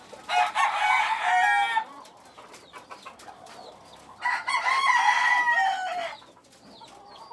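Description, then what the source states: Chicken crowing twice, each harsh harmonic crow lasting about one and a half to two seconds, separated by scattered short clucks and scratchy clicks. Chickens kept in a coop.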